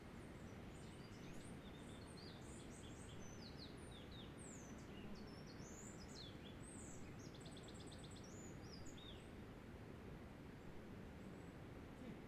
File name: Quebrada La Vieja - Canto de aves en sendero peatonal